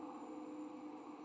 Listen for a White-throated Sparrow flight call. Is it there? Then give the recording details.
no. No flight call is heard. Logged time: 23:41 on 14 November 2014